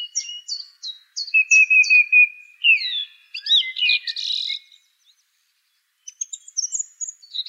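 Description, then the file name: Song thrush song starting with a sharp note repeated several times, then a rattling buzzy burst and, after a short pause, high thin twittering phrases. "suara-kicauan-burung-song-thrush -omkicau"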